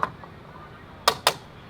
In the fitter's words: And when you do put the gas cap on, turn it until it clicks.